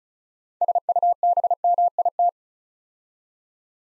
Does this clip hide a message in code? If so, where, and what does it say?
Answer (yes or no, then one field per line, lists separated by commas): yes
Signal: Morse code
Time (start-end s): 0.6-2.3 s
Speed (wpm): 36 wpm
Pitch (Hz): 700 Hz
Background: none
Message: SUBMIT